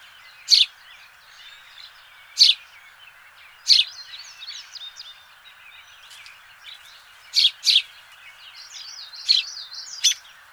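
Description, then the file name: House sparrow chirping, sharp notes at uneven gaps, some in quick pairs, about seven in all, with softer chatter and steady background noise. "Passer domesticus"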